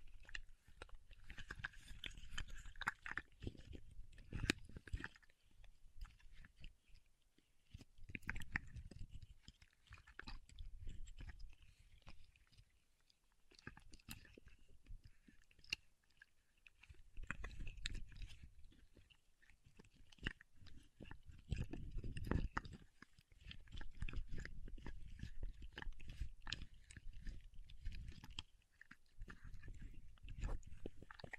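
Paraffin wax is peeled and scratched in dense, crackling bursts with soft low thuds, much like crunchy chewing. The activity comes in uneven waves lasting a few seconds each, separated by brief quieter pauses around 7, 14, 17 and 23 seconds.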